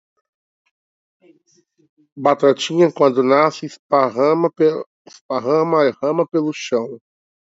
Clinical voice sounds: short text; Brazilian Portuguese; male; 30 to 39 years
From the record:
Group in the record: control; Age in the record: 38 years

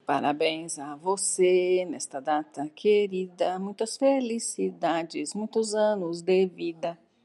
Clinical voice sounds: short text; Brazilian Portuguese; female; 50 to 59 years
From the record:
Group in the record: control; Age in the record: 52 years

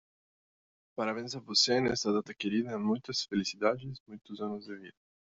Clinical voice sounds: short text; Brazilian Portuguese; male; 30 to 39 years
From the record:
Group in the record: control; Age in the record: 33 years

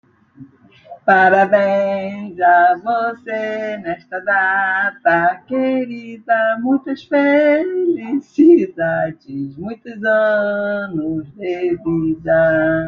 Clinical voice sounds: short text; Brazilian Portuguese; female; 70 to 79 years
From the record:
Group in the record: control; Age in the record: 70 years

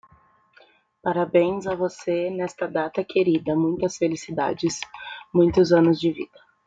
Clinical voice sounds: short text; Brazilian Portuguese; female; 20 to 29 years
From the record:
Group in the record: control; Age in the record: 25 years

